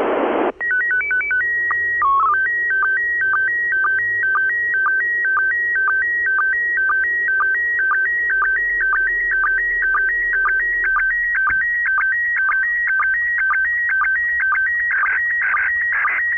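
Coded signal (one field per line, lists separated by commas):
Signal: SSTV (slow-scan television)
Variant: PD 120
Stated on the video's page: SSTV images from the International Space Station, received on an Icom IC-705, either fed straight to a computer or recorded in the radio.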